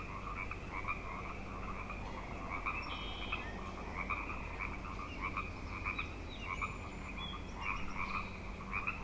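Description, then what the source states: Frog chorus, continuous overlapping croaking with pulsed trills, a few thin whistled bird notes above. Frog chorus tuning up at Grafton Lake, 3 May 2009.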